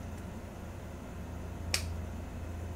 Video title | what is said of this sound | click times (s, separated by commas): First Impressions - Waterman Reflex | so yeah it gives a nice satisfying click when you poke cap it | 1.7 s